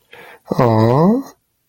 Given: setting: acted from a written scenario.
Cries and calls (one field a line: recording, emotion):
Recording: vocal sound without words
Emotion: sympathy